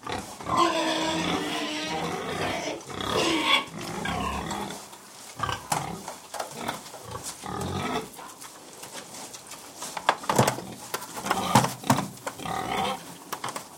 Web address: pigs interior pigs feeding with occasional noise from ducks cows and dogs